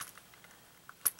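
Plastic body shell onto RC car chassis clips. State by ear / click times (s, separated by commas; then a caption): seated / 1.1 s. The plastic body shell of a Kyosho Mini-Z Camaro ZL1 RC car is slid down onto its chassis, with faint light plastic ticks and rustles as it goes on. A sharp, bright click at 1.1 s marks the shell clipping into the chassis slots, and the shell is seated.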